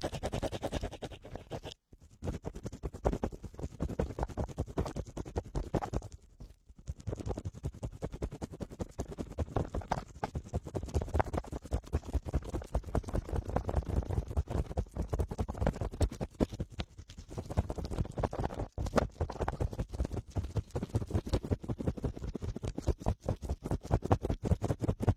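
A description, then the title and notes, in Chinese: A cotton swab rubs and scratches in an ear with dense, rapid, muffled strokes, pausing briefly near two, six and nineteen seconds. 棉棒清理你耳朵里的脏东西。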